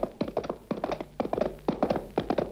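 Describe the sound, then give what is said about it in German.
Horse hooves gallop in a quick, steady rhythm, sharp hollow thuds falling in repeated clusters of three or four beats without pause, fairly loud and with no voices over them. “Wie wär's mit einem Galopp nach Haus, in unsere dürftige Hütte?”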